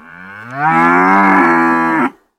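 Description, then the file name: Cow mooing once, a single long, drawn-out low moo that rises slightly at the start, holds steady for over a second, then stops abruptly. "krava"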